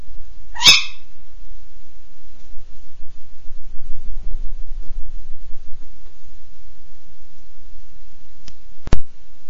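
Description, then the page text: Tawny owl giving a single harsh, abrupt bark near the start, followed by quiet background rumble and two sharp clicks near the end. Territorial call of a tawny owl, given as an abrupt bark. "Серая неясыть Хурон - территориальный крик (отрывистый лай )"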